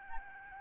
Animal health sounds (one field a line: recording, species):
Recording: mosquito wingbeat signal from an infrared sensor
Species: Aedes albopictus